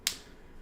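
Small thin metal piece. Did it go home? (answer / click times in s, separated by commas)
yes / 0.1 s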